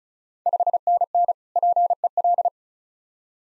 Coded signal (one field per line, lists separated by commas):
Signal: Morse code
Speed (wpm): 36 wpm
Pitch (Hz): 700 Hz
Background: none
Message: 5NN PEL